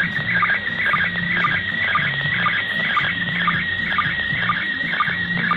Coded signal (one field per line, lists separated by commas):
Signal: SSTV (slow-scan television)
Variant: PD 120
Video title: DECODE SLOW SCAN TELEVISION (SSTV) via ISS